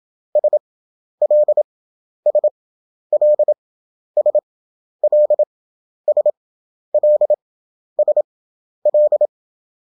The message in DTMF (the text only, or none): none